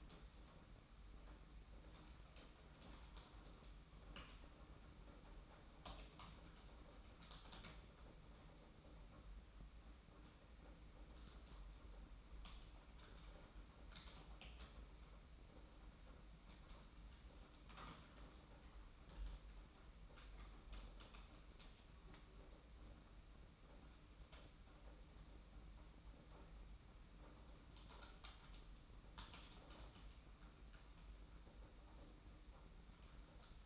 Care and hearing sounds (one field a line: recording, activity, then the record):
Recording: daily activity, microphone in the room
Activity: typing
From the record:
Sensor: 1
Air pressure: 991.7 hPa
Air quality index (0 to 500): 173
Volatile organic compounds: 1000 ppm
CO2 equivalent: 6550 ppm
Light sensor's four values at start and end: 29/100/38/39 and 29/100/38/39